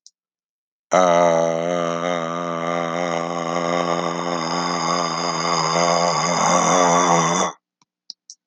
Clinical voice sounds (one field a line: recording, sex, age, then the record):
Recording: vowel held as long as possible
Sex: male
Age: 50 to 59 years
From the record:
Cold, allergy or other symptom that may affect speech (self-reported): no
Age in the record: 59 years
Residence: Illinois, United States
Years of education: 15